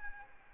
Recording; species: mosquito wingbeat signal from an infrared sensor; Aedes albopictus